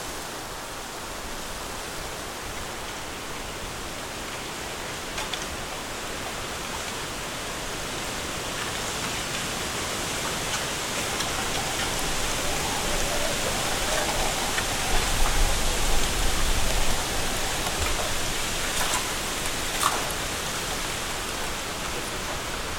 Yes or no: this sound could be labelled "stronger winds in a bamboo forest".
yes